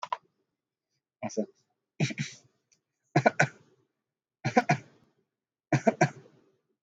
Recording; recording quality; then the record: shallow voluntary cough; excellent, no background noise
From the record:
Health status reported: healthy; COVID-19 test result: not tested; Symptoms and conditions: none ticked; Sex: male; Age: 31 years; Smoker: not ticked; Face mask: not worn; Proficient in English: yes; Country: India